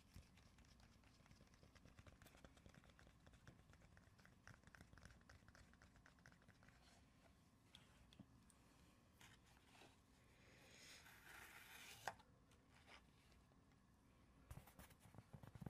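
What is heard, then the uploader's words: Quick tapping and scratching run through the whole stretch, dense and uneven with many sharp clicks. Around ten to twelve seconds a brighter, rasping scratch swells, peaking in a hard knock near twelve seconds, then lighter taps resume with another burst at the end. ASMR progressive soft to hard triggers // tapping and scratching // fast and aggressive.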